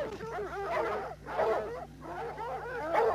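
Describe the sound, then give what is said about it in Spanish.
A dog barks and whimpers in three excited bursts of high, wavering yelps and whines, fairly loud, with a faint steady low hum running underneath. “Miren ese diablo de perro.”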